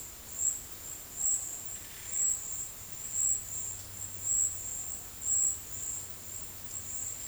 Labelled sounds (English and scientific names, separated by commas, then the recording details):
none
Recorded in dense forest near Puerto Asís, Putumayo, Colombia, on 20 February 2024 at 13:00
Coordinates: 0.484, -76.317
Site G6464